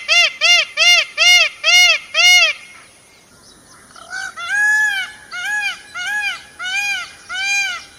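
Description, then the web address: Myna uttering a fast series of six clipped, arched notes, then a pause, followed by a slower run of longer, bending calls. "animal-sound myna-sound"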